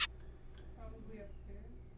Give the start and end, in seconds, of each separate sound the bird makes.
0.01-0.06